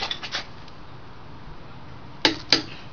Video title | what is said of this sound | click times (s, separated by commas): Pontiac Grand Prix Brake Job | going until we hear a click. Alright, there | 2.2 s, 2.5 s